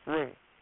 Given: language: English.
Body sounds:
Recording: throat vibration sensor signal played as sound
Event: speech

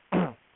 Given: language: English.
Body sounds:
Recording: throat vibration sensor signal played as sound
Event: throat clearing

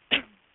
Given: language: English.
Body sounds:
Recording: throat vibration sensor signal played as sound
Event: cough

